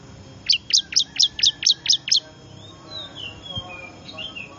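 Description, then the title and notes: Bar-winged prinia: eight evenly spaced, piercing high chips in quick succession, followed by soft, thin whistles in the background. Lure call said to be most effective at attracting wild small birds (burcil ribut); Indonesian name ciblek. "Suara Pikat Burcil Ribut Ngabisin Burung Liar Ini. ciblek"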